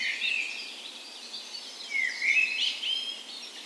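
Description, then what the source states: Birds (dawn chorus): several birds singing at dawn, slurred whistles and short warbles over a constant soft chorus. Dawn chorus in a park west in Bergen, Norway, on the spring morning of 17 May, Norway's National Day; recorded with a Sony PCM A10 and LOM micro Usi mics as 'tree ears'.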